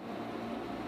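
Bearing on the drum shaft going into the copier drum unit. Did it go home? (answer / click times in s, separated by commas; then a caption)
no / none. A bearing on the drum shaft is pushed into a printer (copier) drum unit, expecting a snap. There is only a steady, even whirring hum with no sharp sounds, and nothing has snapped into place yet. The bearing just slides freely because it had come out a little.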